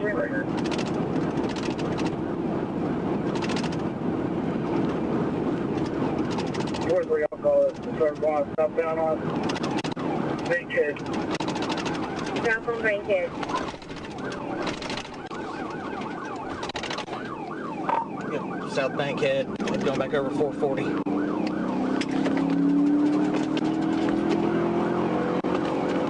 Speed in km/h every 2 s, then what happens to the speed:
158, 158, 158, 138, 127, 106, 77, 48, 45, 52, 89, 97, 105.
4-14 brakes to 48. 14-26 speeds up to 105.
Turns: 11-20.